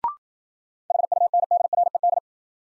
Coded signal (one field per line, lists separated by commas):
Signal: Morse code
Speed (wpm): 53 wpm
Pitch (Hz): 700 Hz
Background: none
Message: HUNDRED